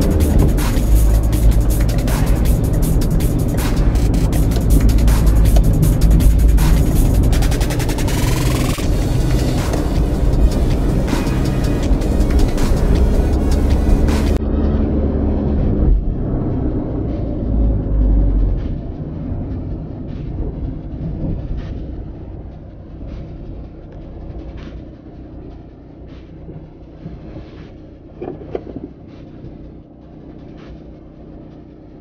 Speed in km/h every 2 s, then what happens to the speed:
31, 29, 27, 29, 35, 37, 39, 39, 32, 16, 13, 6, 3, 0, 0, 0.
4-9 speeds up to 37. 9-14 steady at about 39. 14-25 brakes to 0. 25-32 standing.